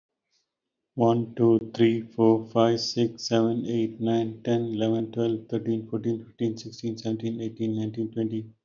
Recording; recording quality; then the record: counting at a fast pace; excellent, no background noise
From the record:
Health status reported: healthy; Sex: male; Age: 50 years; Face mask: not worn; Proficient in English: yes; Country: India